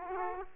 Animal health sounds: mosquito wingbeat signal from an infrared sensor; Aedes aegypti

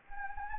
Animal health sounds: mosquito wingbeat signal from an infrared sensor; Anopheles gambiae

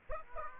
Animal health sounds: mosquito wingbeat signal from an infrared sensor; Aedes aegypti

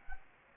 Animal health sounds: mosquito wingbeat signal from an infrared sensor; Anopheles arabiensis

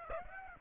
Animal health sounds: mosquito wingbeat signal from an infrared sensor; Aedes aegypti

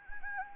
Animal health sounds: mosquito wingbeat signal from an infrared sensor; Anopheles gambiae

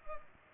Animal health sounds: mosquito wingbeat signal from an infrared sensor; Culex pipiens

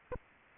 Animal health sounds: mosquito wingbeat signal from an infrared sensor; Aedes aegypti

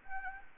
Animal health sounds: mosquito wingbeat signal from an infrared sensor; Anopheles arabiensis

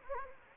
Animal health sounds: mosquito wingbeat signal from an infrared sensor; Anopheles gambiae

